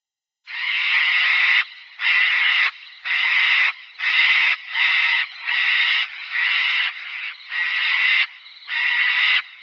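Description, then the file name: Sulphur-crested cockatoo giving harsh, raucous screeches, about nine long grating squawks repeated roughly once a second, most lasting under a second, with no other sounds. "cacatua galerita"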